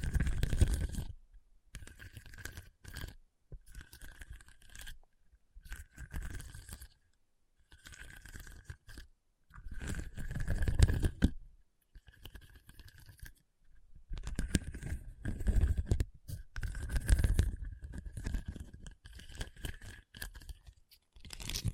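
Scratching over a hard, bumpy surface comes in short rough bursts separated by brief silences, some strokes longer and louder than others. The scraping is gritty and crunchy, with a faint steady whine running through many strokes and heavier thumps on the strongest passes.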